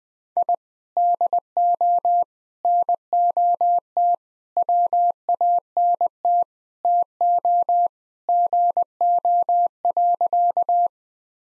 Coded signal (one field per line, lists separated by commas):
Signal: Morse code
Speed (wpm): 21 wpm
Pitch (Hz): 700 Hz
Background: none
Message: I DO NOT WANT TO GO.